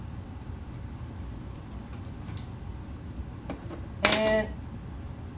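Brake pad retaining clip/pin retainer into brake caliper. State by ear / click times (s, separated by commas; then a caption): seated / 4.1 s. With new Hawk ceramic brake pads replacing the OEM pads in an Audi R8 brake caliper, the metal retaining clip sits in its groove on the caliper and is turned 90 degrees with pliers. After a quiet stretch with a few faint taps, a loud, sharp metallic snap comes at 4.1 s, followed by a brief ringing burst. The clip snaps back into place and is seated.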